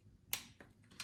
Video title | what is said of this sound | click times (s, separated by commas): How to: Modify BMW E30 Thermostat | we heard a click. | 0.3 s